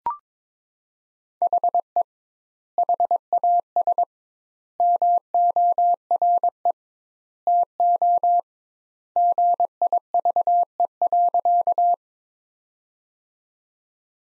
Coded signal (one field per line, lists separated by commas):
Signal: Morse code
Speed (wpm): 22 wpm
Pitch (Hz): 700 Hz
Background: none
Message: HE HAS MORE TO GIVE.